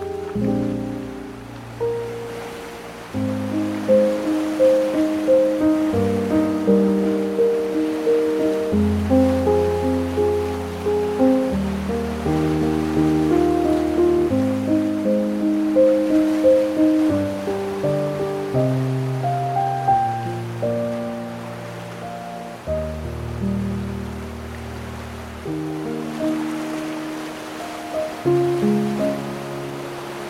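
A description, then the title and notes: A slow piano lullaby plays soft, sustained chords over a low bass line, changing every couple of seconds with a few higher melody notes on top. A steady wash of ocean waves hisses underneath the whole time, keeping the level even throughout. Lullaby for Babies: Piano and Ocean Waves for Baby Sleep. Calming piano lullaby blended with ocean waves.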